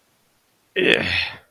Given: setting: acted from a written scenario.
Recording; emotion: vocal sound without words; disgust